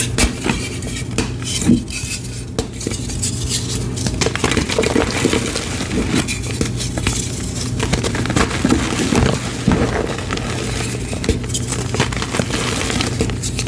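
Gym chalk mixed with baby oil is being crushed, giving a steady stream of gritty scraping and crackling. Sharp clicks and crunches break through often, with brief bursts around two, five and nine seconds, over a constant low hum throughout.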